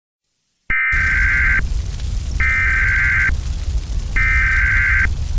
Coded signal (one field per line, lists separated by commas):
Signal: Emergency Alert System (SAME) tones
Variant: header bursts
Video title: EAS Scenario #21: FireBall